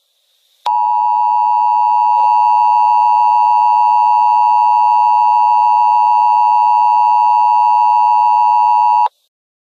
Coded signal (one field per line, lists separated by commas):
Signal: Emergency Alert System (SAME) tones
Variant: 853 and 960 Hz attention tone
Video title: EAS Scenario #10: The Verneshot